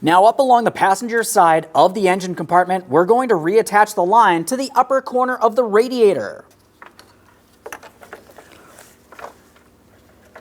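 Someone talks for about the first six seconds, then a coolant line's quick-connect fitting is moved and lined up at the upper radiator port on the passenger side of a 2015-2025 Ford Transit 250 3.7L V6's engine compartment. Only handling noises follow, with short sharp knocks around 6.8, 7.0, 7.7, 8.1 and 9.2 seconds. The fitting has not yet been pressed in and nothing has clicked.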